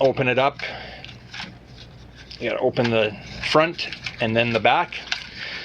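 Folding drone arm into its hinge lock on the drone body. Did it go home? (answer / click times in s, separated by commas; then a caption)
no / none. The folding arms of a small plastic P15 Mini HD camera drone with obstacle avoidance are handled as someone talks, swinging them out of their hinge locks on the drone body, front then back. Brief, sharp handling sounds occur around 1.0 s and 1.3 s. The clip ends before an arm goes home, so nothing has seated or clicked into place yet.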